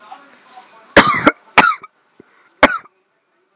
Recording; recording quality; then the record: heavy voluntary cough; excellent, no background noise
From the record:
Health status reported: healthy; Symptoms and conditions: none ticked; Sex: male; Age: 18 years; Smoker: not ticked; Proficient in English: yes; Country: India